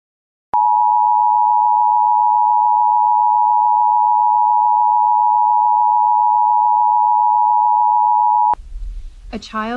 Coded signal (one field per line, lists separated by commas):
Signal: Emergency Alert System (SAME) tones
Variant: 853 and 960 Hz attention tone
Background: speech